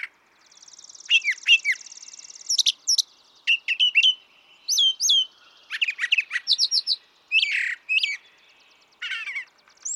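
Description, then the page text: Brown thrasher song, a string of varied, sharp, slurred phrases, several given twice, with a long buzzy pulsed trill running underneath at the start. Same male throughout, one of several selections totalling about three and a quarter hours; repertoire estimated at about 1300 songs, including imitations of other species. "Birdsong for the Curious Naturalist. Brown thrasher"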